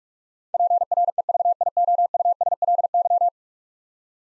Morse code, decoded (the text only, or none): PREVIOUSLY